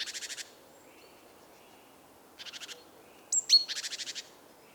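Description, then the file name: Great tit calls: harsh buzzy chattering bursts of rapid pulses, with a couple of sharp high notes before the last burst, faint hiss behind. "Parus major"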